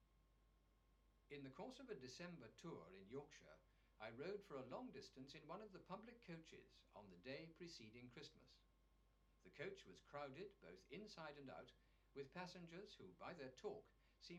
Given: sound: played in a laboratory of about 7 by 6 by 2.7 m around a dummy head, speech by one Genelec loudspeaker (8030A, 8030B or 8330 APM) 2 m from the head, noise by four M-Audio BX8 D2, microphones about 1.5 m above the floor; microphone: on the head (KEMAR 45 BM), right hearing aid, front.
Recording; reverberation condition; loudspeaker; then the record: male speech in English; low; 60 degrees to the right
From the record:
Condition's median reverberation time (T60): about 310 ms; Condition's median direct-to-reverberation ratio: about 3.5 dB